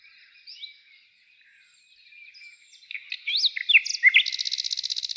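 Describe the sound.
Nightingale song that starts quiet and sparse, then rises into loud, varied slurred notes and a fast buzzy trill.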